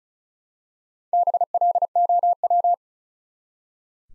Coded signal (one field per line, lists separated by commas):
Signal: Morse code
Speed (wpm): 36 wpm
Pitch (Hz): 700 Hz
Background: none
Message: BLOW